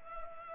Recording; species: mosquito wingbeat signal from an infrared sensor; Culex pipiens